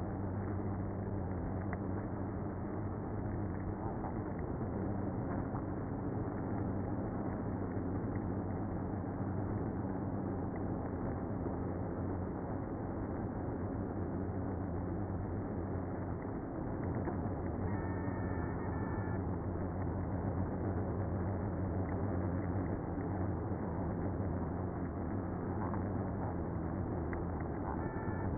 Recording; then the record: honeybee colony, microphone inside the hive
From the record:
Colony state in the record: queenless (queen removed); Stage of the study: after two queens were removed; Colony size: about 60,000 bees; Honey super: yes